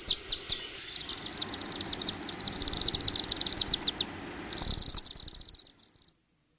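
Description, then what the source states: Chimney Swifts chattering: dense, high twittering trills from several birds, pausing briefly then bursting again before fading out. Dated 10 July 1997; more than one swift.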